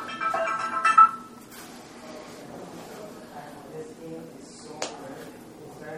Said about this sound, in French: Avec une musique comme ça, on se met à danser. On n'a pas le temps de prendre le téléphone.